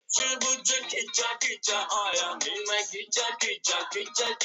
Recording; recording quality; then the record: shallow voluntary cough; poor, much background noise or distortion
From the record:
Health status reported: COVID-19 positive, mild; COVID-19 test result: positive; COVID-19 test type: RT-PCR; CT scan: not taken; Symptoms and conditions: asthma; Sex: male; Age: 23 years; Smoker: no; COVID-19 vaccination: one dose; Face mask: not worn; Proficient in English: yes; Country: India